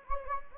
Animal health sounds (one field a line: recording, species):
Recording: mosquito wingbeat signal from an infrared sensor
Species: Anopheles gambiae